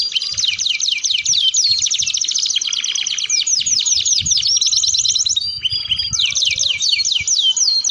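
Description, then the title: Atlantic canary song, loud and continuous, mixing rapid rolling trills with sweeping slurred notes. Belgian canary song played to warm up and stimulate other canaries into singing and to serve as a tutor song for young canaries. "Canto Para Esquentar Canário Belga. Suara Pancingan Kenari Gacor || Untuk Masteran Kenari Paud"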